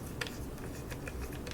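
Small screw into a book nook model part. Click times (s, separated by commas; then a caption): 0.2 s, 0.3 s, 1.1 s, 1.5 s. A small screw is turned into a part of a Rolife Magic House miniature book nook kit, spinning without biting. Soft, light ticking hits sound at 0.2, 0.3, 1.1, 1.5 and 1.5 seconds as the screw turns without tightening, over a low steady background. The screw has stripped out.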